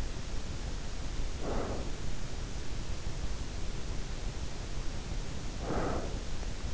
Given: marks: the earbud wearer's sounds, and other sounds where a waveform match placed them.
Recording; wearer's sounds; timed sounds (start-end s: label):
sounds in sleep by an in-ear microphone; breath
1.14-2.18 s: breath
5.52-6.49 s: breath